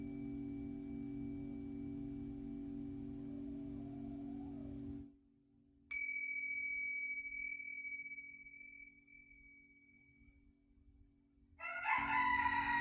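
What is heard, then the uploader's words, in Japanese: A singing bowl rings with a steady low hum and a higher tone for about five seconds, then cuts out. Near six seconds a bright strike sets a clear pure tone ringing, slowly fading until about eleven seconds, before a rough, busier sound returns at the end. メキシコからシンギングボウルをお届け。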